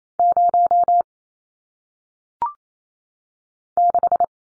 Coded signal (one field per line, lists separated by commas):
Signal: Morse code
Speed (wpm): 28 wpm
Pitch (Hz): 700 Hz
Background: none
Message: 0 6